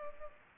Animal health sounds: mosquito wingbeat signal from an infrared sensor; Culex pipiens

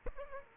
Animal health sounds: mosquito wingbeat signal from an infrared sensor; Aedes aegypti

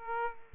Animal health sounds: mosquito wingbeat signal from an infrared sensor; Aedes aegypti

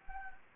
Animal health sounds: mosquito wingbeat signal from an infrared sensor; Anopheles gambiae

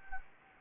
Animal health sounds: mosquito wingbeat signal from an infrared sensor; Anopheles gambiae

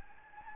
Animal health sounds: mosquito wingbeat signal from an infrared sensor; Anopheles gambiae

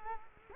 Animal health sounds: mosquito wingbeat signal from an infrared sensor; Culex quinquefasciatus

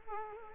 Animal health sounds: mosquito wingbeat signal from an infrared sensor; Culex quinquefasciatus

